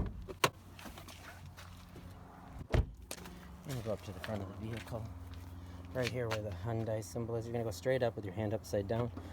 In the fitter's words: you're going to pull that you'll hear it pop in the front and